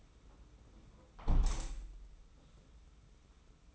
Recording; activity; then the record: daily activity, microphone in the room; close window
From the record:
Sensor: 1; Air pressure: 991.3 hPa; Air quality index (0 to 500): 114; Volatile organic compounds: 140 ppm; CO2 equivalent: 3975 ppm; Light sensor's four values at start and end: 38/119/47/49 and 38/118/46/48